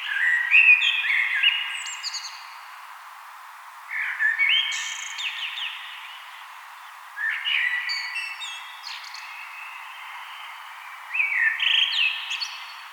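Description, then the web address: Common blackbird singing mellow, flute-like phrases with high chattering tails, four phrases separated by short pauses. "vogelstimmen amsel gesang nabu lars lachmann"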